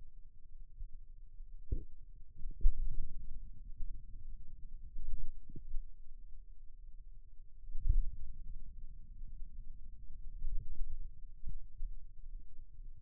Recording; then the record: forearm muscle sounds (acoustic myography)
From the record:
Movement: finger pinch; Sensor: system 2, bracelet of six BSWA MPA416 microphones around the upper forearm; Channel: 6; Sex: male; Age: 22 years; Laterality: right